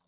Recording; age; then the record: pig call; piglet (1 to 25 days)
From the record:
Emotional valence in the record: positive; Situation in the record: short reunion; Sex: male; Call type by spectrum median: low-frequency call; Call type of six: low-frequency stable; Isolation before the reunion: 3 minutes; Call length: 0.07 s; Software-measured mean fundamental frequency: 33 Hz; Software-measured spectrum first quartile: 555 Hz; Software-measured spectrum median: 2122 Hz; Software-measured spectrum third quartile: 8856 Hz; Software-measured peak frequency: 168 Hz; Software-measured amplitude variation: 26 dB a second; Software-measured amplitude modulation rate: 6.7 a second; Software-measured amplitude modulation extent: 3.8 dB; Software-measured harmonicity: 4.1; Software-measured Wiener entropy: -2.29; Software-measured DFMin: 1151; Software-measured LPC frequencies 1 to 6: 949, 3602, 4321, 7278, 8437, 9889 Hz